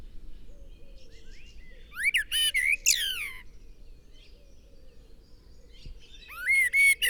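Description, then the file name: Common blackbird sings a rapid phrase of rising whistles and high shrill twittering, pauses, then starts another phrase; faint low repeated hooting underneath. "Turdus merula"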